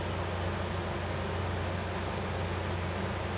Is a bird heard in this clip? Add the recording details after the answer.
no. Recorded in pastures near Puerto Asís, Putumayo, Colombia, on 12 March 2025 at 12:00. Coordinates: 0.466, -76.322. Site CSA-02